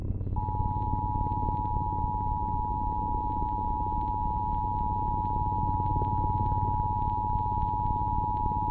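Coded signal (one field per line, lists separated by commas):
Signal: Emergency Alert System (SAME) tones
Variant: 853 and 960 Hz attention tone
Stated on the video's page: Fictional EAS scenario whose tones are stated to be valid.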